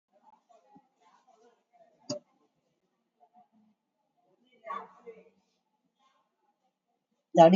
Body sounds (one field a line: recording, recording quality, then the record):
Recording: deep breathing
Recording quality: poor, much background noise or distortion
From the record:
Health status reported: COVID-19 positive, moderate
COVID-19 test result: positive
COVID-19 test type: RT-PCR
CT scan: not taken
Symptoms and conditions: cough, cold, sore throat, fatigue, loss of smell and taste, diabetes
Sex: female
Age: 58 years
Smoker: no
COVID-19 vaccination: none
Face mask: worn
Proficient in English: yes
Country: India